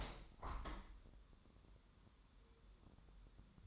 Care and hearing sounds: daily activity, microphone in the room; open window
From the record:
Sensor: 3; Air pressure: 1014.9 hPa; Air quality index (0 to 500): 74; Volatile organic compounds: 2 ppm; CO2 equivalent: 1000 ppm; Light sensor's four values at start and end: 9/22/9/9 and 10/23/9/9

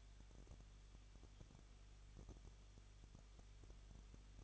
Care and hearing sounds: daily activity, microphone in the room; no activity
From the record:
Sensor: 4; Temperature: 23.0 degrees Celsius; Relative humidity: 34.1%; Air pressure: 1007.4 hPa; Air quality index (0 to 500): 214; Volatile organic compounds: 14 ppm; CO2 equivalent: 2461 ppm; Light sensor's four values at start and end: 2/3/1/1 and 2/3/1/1

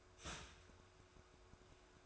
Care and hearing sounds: daily activity, microphone in the room; start toaster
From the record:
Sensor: 2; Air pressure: 1014.6 hPa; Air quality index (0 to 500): 202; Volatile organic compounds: 23 ppm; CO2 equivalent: 2770 ppm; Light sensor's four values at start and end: 3/9/3/3 and 3/9/3/3

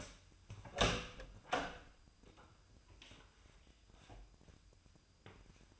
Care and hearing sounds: daily activity, microphone in the room; open door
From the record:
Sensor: 2

